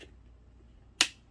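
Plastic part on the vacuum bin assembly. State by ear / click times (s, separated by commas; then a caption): seated / 1.0 s. A plastic part on the bin assembly of a Dyson Ball Total Clean (UP13) vacuum is pressed into place. It resists at first, then gives one sharp snap at 1.0 s after near silence. The part seats and holds for now, though it may be close to breaking.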